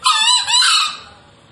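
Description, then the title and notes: Green junglefowl crow, a single loud harsh rasping burst under a second long, fading into background noise. Wild green junglefowl released freely, calling from up in a tree; used as a lure for catching junglefowl. "Panggilan Ayam Hutan Liar. Ayam Hutan Hijau Dilepas Bebas n Bunyi Gacor Diatas Pohon. Pemikat Ayam Hutan"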